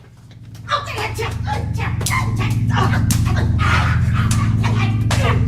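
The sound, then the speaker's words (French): A person imitates a dog, giving rough barks mixed with quick, breathy panting in a steady run of bursts over a constant low hum. “Moi, chienne. Tu vas voir.”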